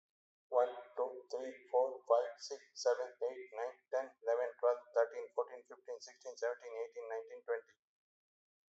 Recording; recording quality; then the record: counting at a fast pace; excellent, no background noise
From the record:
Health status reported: healthy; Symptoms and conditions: hypertension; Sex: male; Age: 55 years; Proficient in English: yes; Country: India